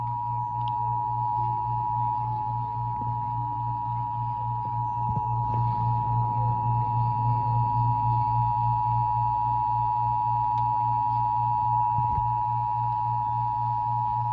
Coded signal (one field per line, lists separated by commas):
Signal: Emergency Alert System (SAME) tones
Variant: 853 and 960 Hz attention tone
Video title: Reacting to Some EAS ALERTS On my Nintendo Switch. (These is not actual Emergencies)